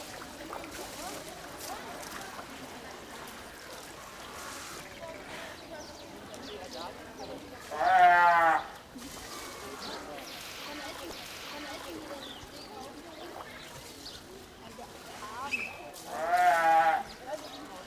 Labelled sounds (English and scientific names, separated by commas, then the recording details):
Brown Fur Seal (Arctocephalus pusillus) call
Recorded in captivity
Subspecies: pusillus
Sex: male
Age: adult
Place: Zoo Berlin, Berlin, DE
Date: 1997-10-18 13:10
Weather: sunny, 12-15°C
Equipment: Nagra SN, Kopie Uher 4000 Report Monitor
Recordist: Tembrock, Günter
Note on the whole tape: (A.p.pusillus): Männchen: Laute vor Fütterung (auf Felsen)